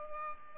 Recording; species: mosquito wingbeat signal from an infrared sensor; Culex pipiens